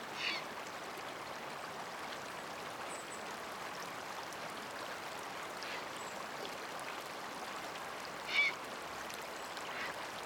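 A river flows steadily in early summer, a soft, even rush spread from low to bright tones with no real pauses. A few short calls break through, one near the start and a louder one around eight seconds, likely ducks or geese.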